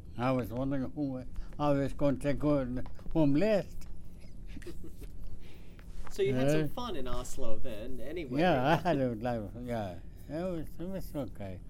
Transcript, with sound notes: I was wondering who I was going to take home, home last. (Chuckles)
So you had some fun in Oslo then anyway.
Yeah, I had a lot of...yeah, it was, it was okay.